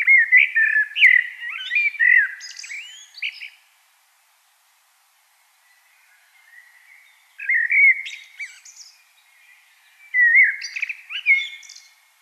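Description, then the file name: Common blackbird delivering three warbled song phrases, low mellow whistles mixed with short high squeaks, separated by quiet gaps. "Turdus merula"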